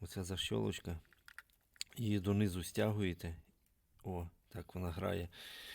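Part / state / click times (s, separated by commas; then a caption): electrical connector on an engine ignition coil / released / 1.8 s. On a misfiring Skoda Fabia engine with fault code P0303, the plastic locking tab on an ignition coil's electrical connector is pressed down to release it, then the plug is pulled off. Someone talks throughout, with faint taps around 1.3–1.4 s before the latch clicks open at 1.8 s, releasing the connector.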